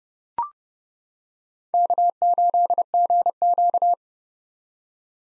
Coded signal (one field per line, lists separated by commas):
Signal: Morse code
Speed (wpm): 30 wpm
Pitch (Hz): 700 Hz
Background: none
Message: K8GQ